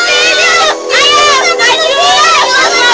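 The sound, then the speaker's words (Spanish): Several high-pitched children's voices chatter and shout over one another in a loud, continuous jumble of playful noise, with no pauses. “Niños jugando con sus bromas, que se callen, por favor.”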